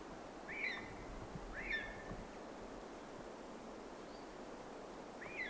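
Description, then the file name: Eurasian jay giving a few brief calls, two about a second apart and a later one after a long quiet stretch, against constant low hiss. "Garrulus glandarius"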